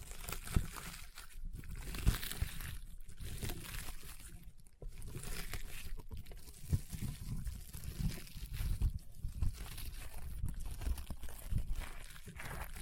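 Slime is squished and stretched in a dense, continuous stream of crunchy crackles and wet pops, with brief quieter gaps near four and five seconds.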